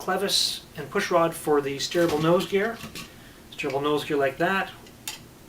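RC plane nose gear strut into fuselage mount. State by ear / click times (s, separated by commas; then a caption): seated / 5.1 s. Someone talks while the steerable nose gear leg of a Cessna 206T RC trainer plane is pushed into its plastic mount on the fuselage. A single sharp tick is heard at 5.1 s as the strut snaps into place.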